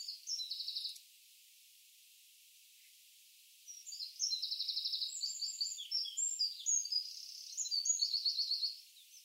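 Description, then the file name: Eurasian wren song, a brief high trill, a pause, then a longer sequence of twittering notes and rapid trills. "Troglodytes troglodytes"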